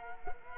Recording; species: mosquito wingbeat signal from an infrared sensor; Culex quinquefasciatus